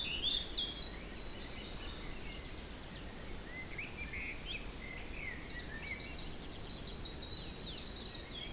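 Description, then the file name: Birds singing: scattered short whistles early, then a loud rapid trill and fast repeated chatter near the end, over breezy background hiss. Forest in spring, windy weather of force 3 Beaufort, recorded at 1 pm. "Forest Spring Birds Windy 3 bft 1 pm"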